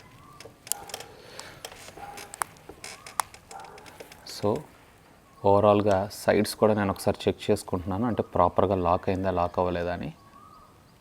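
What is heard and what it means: While reassembling a Redmi Note 9 smartphone, the edges of its plastic back cover are pressed so the side clips snap into the phone frame, with sharp clicks at 0.7 s, 2.4 s and 3.2 s among quieter taps. Someone then talks, and the clips are confirmed as all seated and locked properly.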